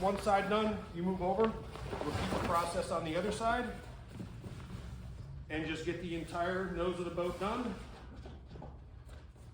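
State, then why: Not seated. A man talks over faint background noise while handling the plastic J-clip of a Smoker Craft playpen cover at the rail groove on the nose of the boat, where it is meant to slide under the rail and be pushed up into its groove. Only a faint tap is heard around 8.6 seconds, and nothing has seated or clicked yet.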